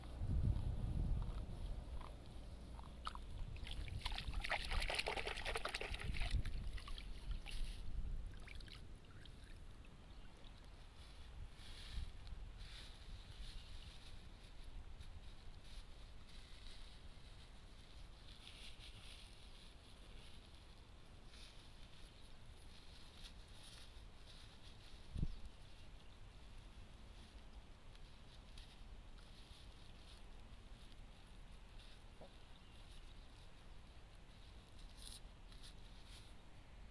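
Rice seedlings are pulled one by one from a flooded nursery bed and bundled with straw. The first seven seconds bring a burst of low rumbling and bright splashing, then a steady quieter wash of soft rustles and water sounds, with a sharp click near 25 seconds.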